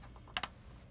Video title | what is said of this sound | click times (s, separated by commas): 2004 SUBARU WRX FUEL PUMP CHANGE HOW TO WALK THRU.. DW300 pump | get on there you just want to make sure that when you put it on there you hear that click | 0.4 s